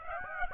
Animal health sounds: mosquito wingbeat signal from an infrared sensor; Aedes aegypti

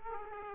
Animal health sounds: mosquito wingbeat signal from an infrared sensor; Aedes aegypti

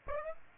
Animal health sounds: mosquito wingbeat signal from an infrared sensor; Aedes aegypti

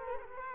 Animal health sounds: mosquito wingbeat signal from an infrared sensor; Culex quinquefasciatus

